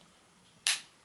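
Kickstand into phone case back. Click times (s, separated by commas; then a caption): 0.7 s. The folding kickstand on a rugged plastic ZIZO Bolt Series iPhone X case is pushed back into its recess on the case back. A single sharp, bright snap at 0.7 s rises out of quiet background and fades over about a tenth of a second. The kickstand snaps shut and sits flush.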